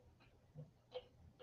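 A camera's quick release plate is handled at a tripod head's quick release shoe, with a faint low rumble and soft muffled bumps around 0.6 and 1.0 seconds. The clip ends just before the plate goes home, so nothing has seated or clicked yet, and the plate is not yet tightened.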